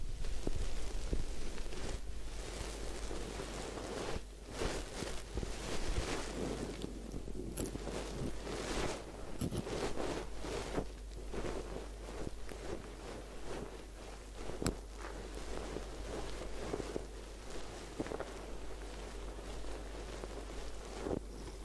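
A head spa hair wash and massage, heard as continuous dense scrubbing and rustling that never lets up. Sharp crackling bursts land every second or so, with brighter scratchy peaks near 7 and 15 seconds, over a steady low hum.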